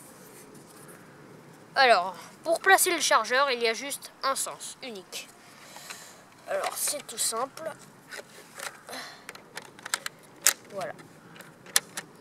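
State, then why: Seated. A plastic dart magazine (clip) is pushed into a Nerf-style toy blaster while someone talks, with a few light plastic taps and scrapes toward the end. It latches with a little click at 11.8 s, and the magazine is seated.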